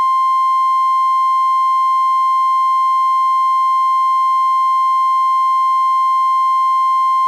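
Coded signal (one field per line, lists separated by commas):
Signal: Emergency Alert System (SAME) tones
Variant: 1050 Hz attention tone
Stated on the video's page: Fictional scenario, not a real alert.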